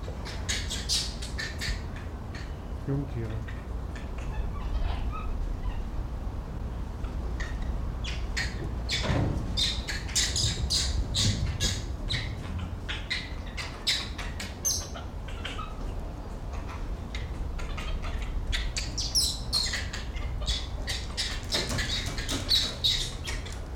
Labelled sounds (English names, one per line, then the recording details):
Barbary Macaque
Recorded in captivity
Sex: group
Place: Tiergarten Schönbrunn, AT
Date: 1990-09-02 17:40
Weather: bedeckt, 17°C
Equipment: Marantz CP 430, Sennheiser ME 80, Kopie Uher Variocord
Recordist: Tembrock, Günter